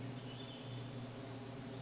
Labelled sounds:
Western Flycatcher
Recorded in Sonoma County, California

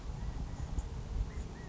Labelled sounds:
California Quail
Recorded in Sonoma County, California

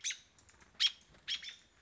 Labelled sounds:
American Robin
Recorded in Sonoma County, California

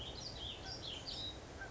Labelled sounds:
Warbling Vireo
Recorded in Sonoma County, California

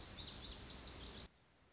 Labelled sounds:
Lazuli Bunting
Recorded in Sonoma County, California

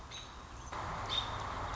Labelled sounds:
American Robin
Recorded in Sonoma County, California

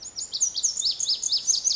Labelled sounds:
Lazuli Bunting
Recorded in Sonoma County, California

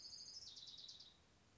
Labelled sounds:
Orange-crowned Warbler
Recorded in Sonoma County, California

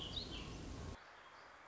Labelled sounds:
Warbling Vireo
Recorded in Sonoma County, California

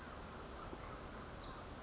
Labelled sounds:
Pacific Wren
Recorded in Sonoma County, California

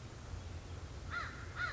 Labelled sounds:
American Crow
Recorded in Sonoma County, California

